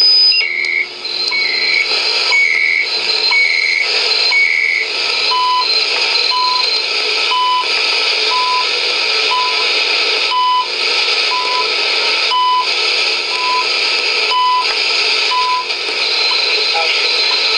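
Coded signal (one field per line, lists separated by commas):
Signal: radio time signal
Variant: CHU Canada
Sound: regular one-second beeps in loud static, steady higher tones first, then short ticks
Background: radio static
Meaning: Each tick marks one second of official time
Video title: Standar Time Frequency 14670 khz CHU Canada ON Service Monitor HP 8920A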